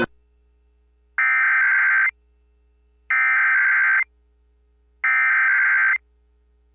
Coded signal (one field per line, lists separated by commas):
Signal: Emergency Alert System (SAME) tones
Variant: header bursts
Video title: (EAS #52) | Anchorage NWR Required Weekly Test on KSDP-AM | 06/14/2023